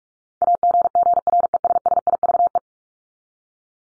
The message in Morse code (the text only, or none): AGGRESSIVE